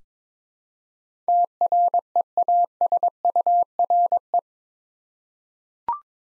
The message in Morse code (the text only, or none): TREASURE